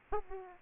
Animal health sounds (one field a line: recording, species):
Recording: mosquito wingbeat signal from an infrared sensor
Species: Aedes aegypti